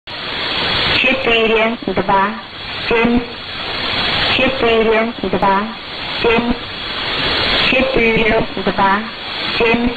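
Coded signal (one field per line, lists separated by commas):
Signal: numbers station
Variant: S06s, Russian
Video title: 19 03 2019 S06s Russian Lady numbers station in Russian to Eu 0731 on 7425 unknown tx site USB+AM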